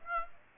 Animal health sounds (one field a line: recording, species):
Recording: mosquito wingbeat signal from an infrared sensor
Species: Aedes aegypti